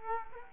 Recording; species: mosquito wingbeat signal from an infrared sensor; Culex quinquefasciatus